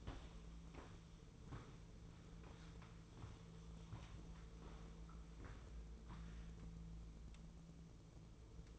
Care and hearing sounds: daily activity, microphone in the room; walk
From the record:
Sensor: 1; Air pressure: 1005.5 hPa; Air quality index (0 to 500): 122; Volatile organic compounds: 4 ppm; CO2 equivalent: 1702 ppm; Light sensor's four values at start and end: 11/25/10/11 and 11/27/11/12

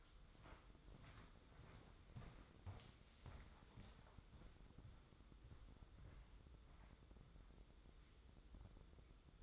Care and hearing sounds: daily activity, microphone in the room; walk to room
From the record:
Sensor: 3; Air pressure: 995.5 hPa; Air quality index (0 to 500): 86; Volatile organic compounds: 8 ppm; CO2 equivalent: 2108 ppm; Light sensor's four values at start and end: 27/80/34/29 and 27/81/34/29

